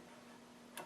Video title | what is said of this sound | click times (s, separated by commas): Accu Wedge - Cutting Wood Segments on the Band Saw (23) | to the a position and it will click in place in the a position and I lock it down | 0.8 s